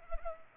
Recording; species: mosquito wingbeat signal from an infrared sensor; Culex pipiens